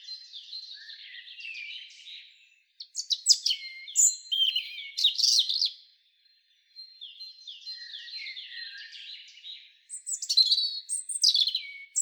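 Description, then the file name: European robin song: several varied phrases of high, liquid warbles and sharp trills, separated by short silent gaps. "Erithacus rubecula"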